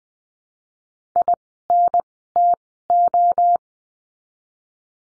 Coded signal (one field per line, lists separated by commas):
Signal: Morse code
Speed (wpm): 20 wpm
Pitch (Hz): 700 Hz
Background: none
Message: INTO